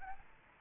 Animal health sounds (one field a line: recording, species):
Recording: mosquito wingbeat signal from an infrared sensor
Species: Aedes albopictus